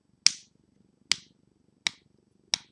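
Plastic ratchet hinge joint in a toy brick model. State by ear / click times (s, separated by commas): seated / 0.3 s, 1.1 s, 1.9 s, 2.5 s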